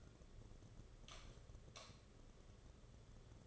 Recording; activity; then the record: daily activity, microphone in the room; light off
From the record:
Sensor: 4